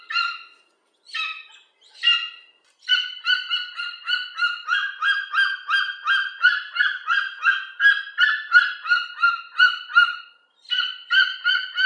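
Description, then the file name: Golden eagle uttering a few separate yelps, then a long, steady series of rapid harmonic yelps, about three per second, before a short pause and more calls. "orzelprzedni"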